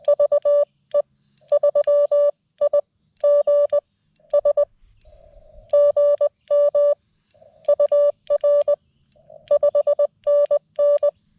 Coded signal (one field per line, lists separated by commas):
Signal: Morse code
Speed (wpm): 18 wpm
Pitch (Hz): 580 Hz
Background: music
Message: VE3IGS GM UR 5NN